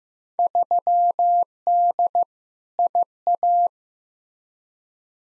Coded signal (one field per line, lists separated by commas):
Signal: Morse code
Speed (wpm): 15 wpm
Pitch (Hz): 700 Hz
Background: none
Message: 3D IA